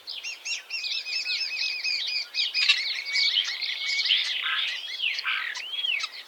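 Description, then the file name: Common starling song of quick chirps and looping whistled notes, with warbling rattles and a couple of drawn-out rising and falling whistles near the end. "Golosa ptic i zverei - Skvorec"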